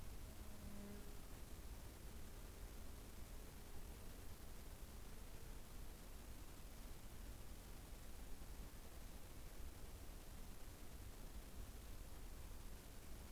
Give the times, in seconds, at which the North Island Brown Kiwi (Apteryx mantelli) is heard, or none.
none